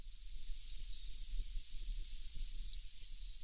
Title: LuckyPassaro Completos2Sama. Cattle Tyrant (Machetornis rixosa)